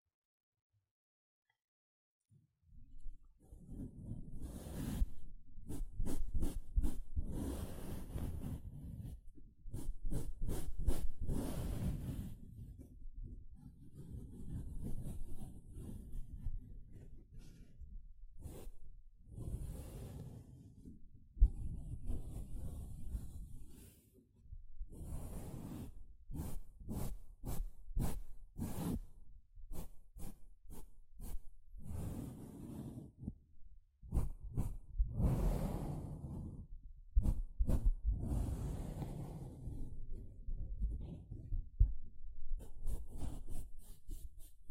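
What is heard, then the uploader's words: Dry handling of a sponge, with rapid scratching and rubbing strokes in dense bursts and short squishy pulses. After near silence for the first three seconds, the activity runs almost continuously, with brief pauses around 21, 25 and 34 seconds. Sponge Sounds - Scratching, Squishing, Brushing, Cutting.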